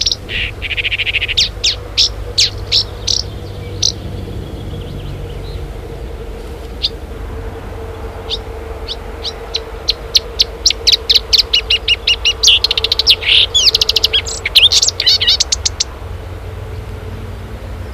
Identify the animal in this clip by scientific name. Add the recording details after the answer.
Acrocephalus palustris. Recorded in the wild. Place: Clausthal-Zellerfeld, Oberharz, Niedersachsen, DE. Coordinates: 51.78, 10.33. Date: 1985-06-11. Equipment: Sony WM-D6C, Big Ear. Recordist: Skiba, Reinald